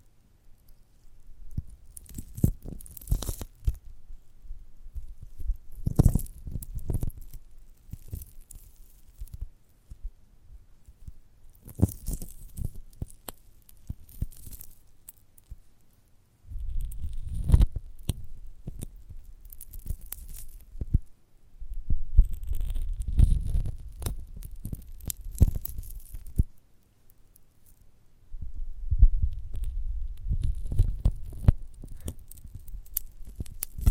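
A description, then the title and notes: Chewing and squishing on a giant gummy bear, with soft, low, wet thuds and brief crisp tearing sounds. The activity comes in bursts of several seconds separated by short quiet pauses, with dense clusters around 17, 22 and 29 seconds. ASMR of a Giant Gummy Bear (No Talking).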